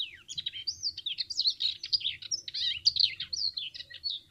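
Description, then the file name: Common whitethroat giving a scratchy, hurried warble of chattering notes and short whistles, continuous throughout, over a faint low rumble. "curruca zarcera"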